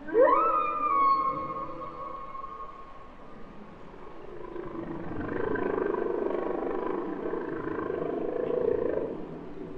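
Humpback whale song: a sharp rising whoop that levels into a long sustained tone, then softer hazy moaning sounds.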